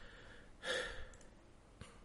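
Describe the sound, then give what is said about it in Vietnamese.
A single deep, breathy inhale-exhale rises and fades over about half a second, followed by a brief faint second breath. No one speaks. “Em thở cái.”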